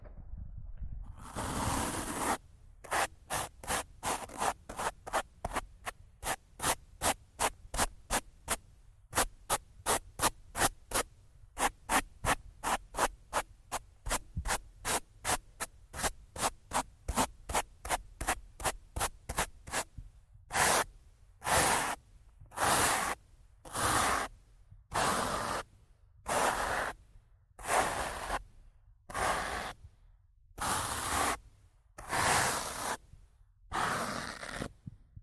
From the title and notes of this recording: Rough Mic Scratching & Brushing (No Talking).